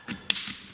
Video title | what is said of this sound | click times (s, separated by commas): AT&T Verge 2 5G (SN333A) Teardown, Screen & Charging Port Replacement - Repair Guide | And then just kind of push up a little bit until you hear it uncclick | 0.3 s